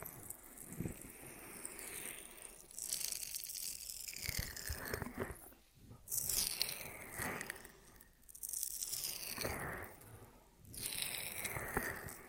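Ear massage triggers: bursts of crisp rubbing and crinkly rustling, some sweeping upward, separated by brief quiet gaps every couple of seconds.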